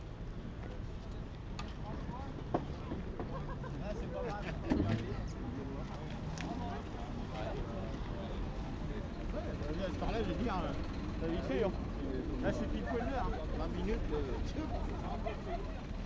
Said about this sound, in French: Il y a une grosse voiture qui fait vrombir son moteur.